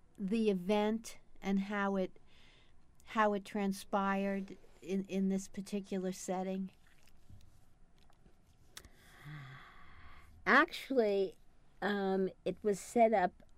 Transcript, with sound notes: the event and how it – how it transpired in this particular setting?
(Draws breath) Actually, it was set up,